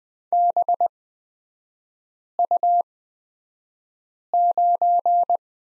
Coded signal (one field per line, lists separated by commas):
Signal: Morse code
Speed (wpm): 20 wpm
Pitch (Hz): 700 Hz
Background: none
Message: BU9